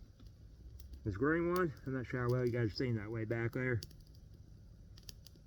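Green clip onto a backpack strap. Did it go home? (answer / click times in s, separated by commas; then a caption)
yes / 5.1 s. A green clip is snapped onto a backpack strap while someone talks, with faint light clicks and handling sounds around it. A sharp, short snap at 5.1 s marks the clip seating onto the bag.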